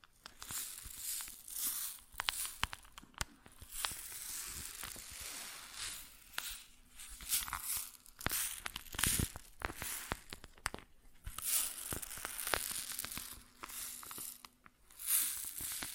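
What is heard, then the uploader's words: Grain rustles and pours in uneven bursts, a dense, bright crackling hiss made of many tiny clicks that swells and fades every second or so. Sharper crunchy snaps stand out near 8, 10 and 15 seconds, and a faint low hum sits underneath. ASMR Grain Sounds (No Talking).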